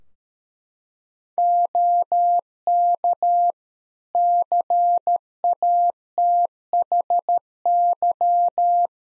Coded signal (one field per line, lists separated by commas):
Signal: Morse code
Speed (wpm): 13 wpm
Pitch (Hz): 700 Hz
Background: none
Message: OK CATHY